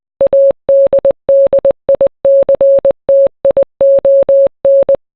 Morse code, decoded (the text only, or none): ADDICTION